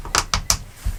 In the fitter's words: motor just snaps